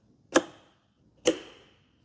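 Two clips or connectors are seated one after the other in the engine bay of a Mercedes C63 AMG 507 Coupe, each snapping into place. Two short, sharp ticks are heard at 0.4 s and 1.3 s, each with a brief bright decay, and both parts are seated.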